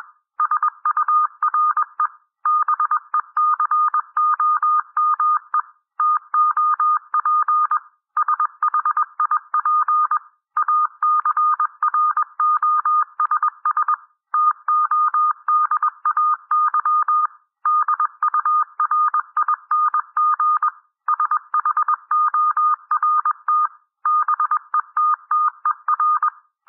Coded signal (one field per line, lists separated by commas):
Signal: Morse code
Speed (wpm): 21 wpm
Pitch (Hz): 1220 Hz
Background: none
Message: SURE BECOME TOP SHIP ACROSS TODAY DURING SHORT BETTER